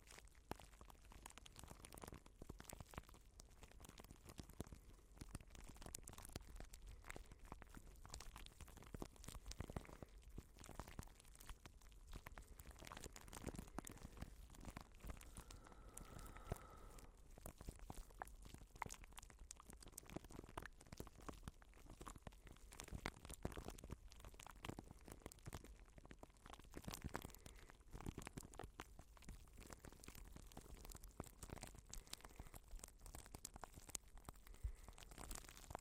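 Plastic wrap crinkles softly and continuously, dense crackly rustles throughout, with a brief steady tone near sixteen seconds.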